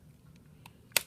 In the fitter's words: got to hear a click there we go